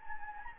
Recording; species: mosquito wingbeat signal from an infrared sensor; Anopheles gambiae